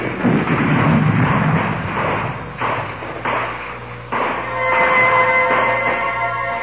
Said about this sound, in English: And explosions. Yeah, big explosions. Look at them kill. Yeah, shoot them.